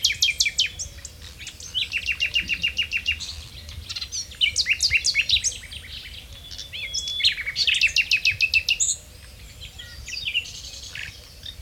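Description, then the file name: Common nightingale in full song: loud rattling series of rapid repeated notes, steady whistled trills and varied phrases, then a quieter pause near the end. "Luscinia megarhynchos"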